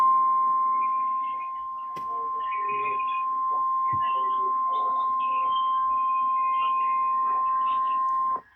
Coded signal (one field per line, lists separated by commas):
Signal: Emergency Alert System (SAME) tones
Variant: 1050 Hz attention tone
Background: speech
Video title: EAS#151 Tornado Watch on WXK38 in Amarillo, TX (12/12/2022).